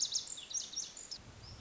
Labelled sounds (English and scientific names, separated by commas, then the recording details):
Lazuli Bunting (Passerina amoena)
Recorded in Sonoma County, California